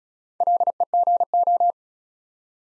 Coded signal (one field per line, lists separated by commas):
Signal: Morse code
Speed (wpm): 36 wpm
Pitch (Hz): 700 Hz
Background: none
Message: LEGO